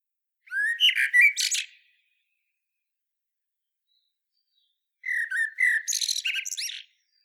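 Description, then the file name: Common blackbird delivering two song phrases a few seconds apart, each a brief fluted warble breaking into a high, squeaky twittering end, with silence between. "Turdus merula"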